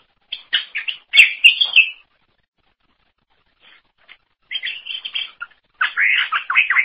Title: Cucak ijo